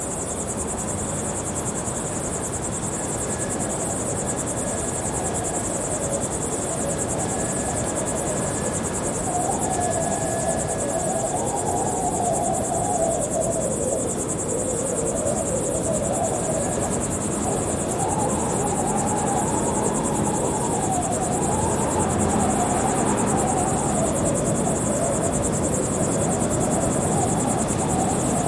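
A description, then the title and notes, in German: An outdoor recording in the Atlas Mountains at the edge of the Western Sahara. A steady, high insect chirring runs throughout over a dense, constant low rumble, while a faint wavering mid-pitched drone, like an engine, rises and falls from about ten seconds on. Natur - Atlasgebirge Marokko. Aufnahme vom Atlasgebirge am Rande der Westsahara.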